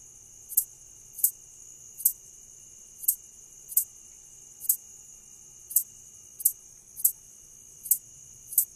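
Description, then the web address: Red-headed meadow katydid song: a steady high buzz with sharp ticking pulses, eleven in all, over a quiet background. North America. "Songs of Insects. Red-headed Meadow Katydid"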